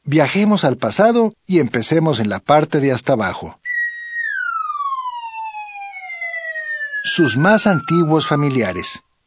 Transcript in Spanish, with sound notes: Viajemos al pasado y empecemos en la parte de hasta abajo. [sonido de descenso] Sus más antiguos familiares